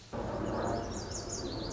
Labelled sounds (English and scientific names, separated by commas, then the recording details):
Lazuli Bunting (Passerina amoena)
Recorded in Sonoma County, California